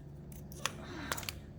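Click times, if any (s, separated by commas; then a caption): 0.7 s. While fitting an Akrapovic slip-on exhaust to a 2022 Aprilia Tuono, the small black locking button on the plastic wiring connector of the exhaust valve/sensor harness is pressed and the connector halves are pulled apart. A sharp click at 0.7 s marks the halves separating, followed by a few lighter clicks around 1.1 and 1.3 s. The connector comes free and is released.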